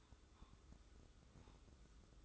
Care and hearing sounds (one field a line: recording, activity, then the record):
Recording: daily activity, microphone in the room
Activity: take from stove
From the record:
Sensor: 3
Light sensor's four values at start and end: 26/79/33/28 and 26/79/33/28